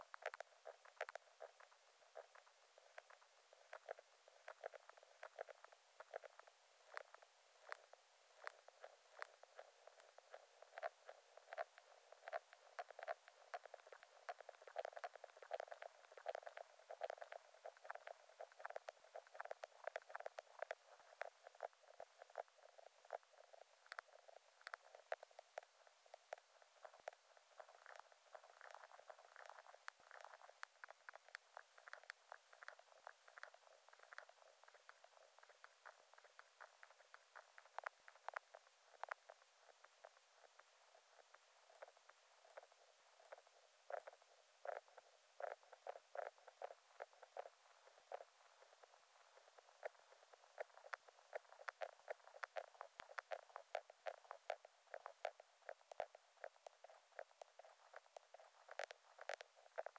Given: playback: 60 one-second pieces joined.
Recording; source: accelerometer signal; honeybee vibrations and some background noise